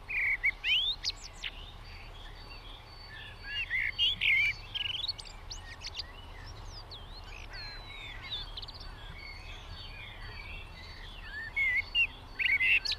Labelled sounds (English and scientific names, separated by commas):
Common Blackbird (Turdus merula) song